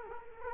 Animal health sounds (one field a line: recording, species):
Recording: mosquito wingbeat signal from an infrared sensor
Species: Culex quinquefasciatus